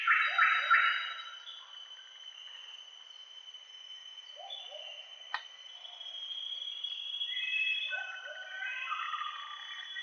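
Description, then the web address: Common paradise kingfisher calling: a loud harsh burst at the start, then scattered lower notes and shorter calls, with constant insect buzzing behind. Recorded in Indonesia. "indonesian-bird-sounds Tanysiptera galatea"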